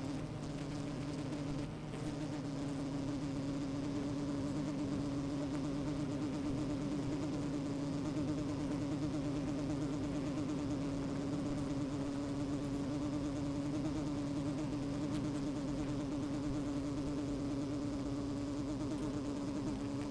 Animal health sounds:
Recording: honeybee colony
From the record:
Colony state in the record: active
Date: 28 July 2017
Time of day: 12:16

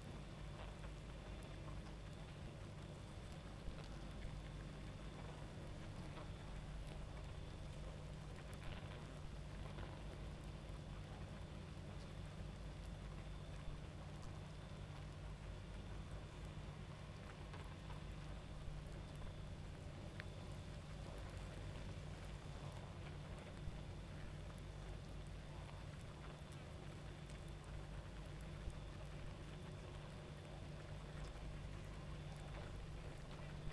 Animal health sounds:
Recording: honeybee colony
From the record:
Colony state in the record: active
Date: 28 July 2017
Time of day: 23:37

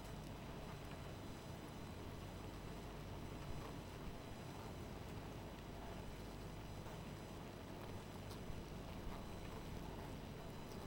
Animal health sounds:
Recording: honeybee colony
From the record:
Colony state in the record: missing queen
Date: 14 July 2017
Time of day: 2:00

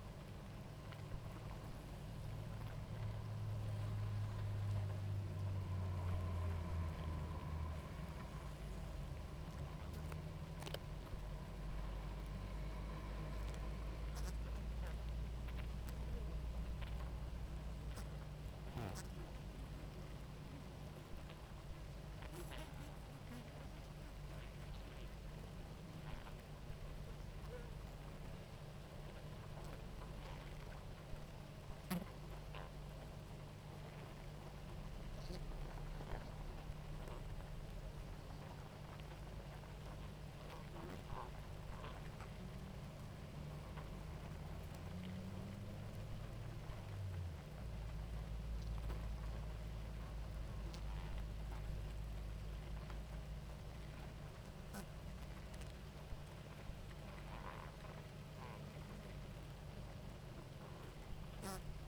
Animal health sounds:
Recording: honeybee colony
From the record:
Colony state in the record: active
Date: 28 July 2017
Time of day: 18:28

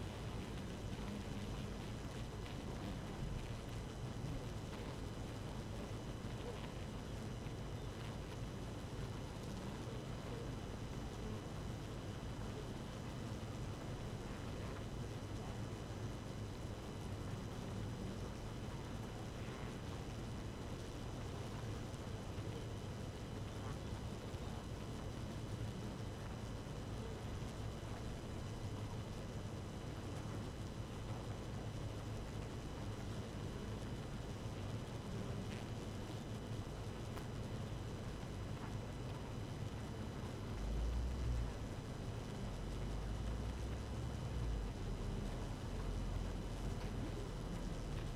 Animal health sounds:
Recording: honeybee colony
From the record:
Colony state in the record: active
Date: 12 June 2018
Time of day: 4:15

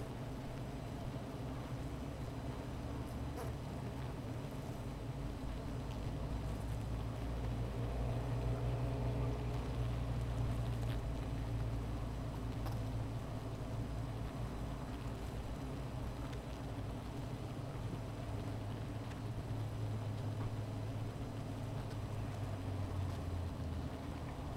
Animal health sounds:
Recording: honeybee colony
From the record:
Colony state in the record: missing queen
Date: 14 July 2017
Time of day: 15:41

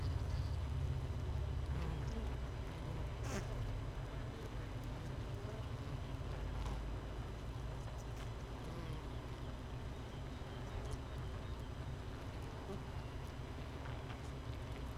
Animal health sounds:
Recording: honeybee colony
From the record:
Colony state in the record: missing queen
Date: 31 May 2018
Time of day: 5:50

